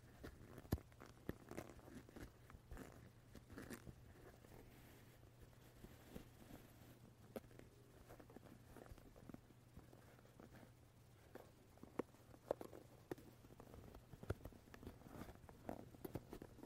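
A wooden brush is tapped and touched in an irregular stream of soft knocks and scratchy brushing strokes, with a few sharper taps near 1, 12 and 14 seconds. A steady low hum runs underneath the whole time.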